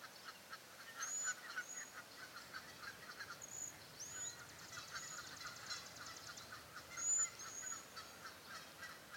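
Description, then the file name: Cedar waxwing calls: several very high, thin whistled notes, some slightly trilled, scattered throughout over busy background noise. "Bombycilla cedrorum - Cedar Waxwing"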